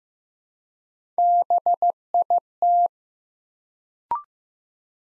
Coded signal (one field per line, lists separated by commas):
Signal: Morse code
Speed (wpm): 15 wpm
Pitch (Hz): 700 Hz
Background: none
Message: BIT